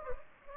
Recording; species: mosquito wingbeat signal from an infrared sensor; Anopheles gambiae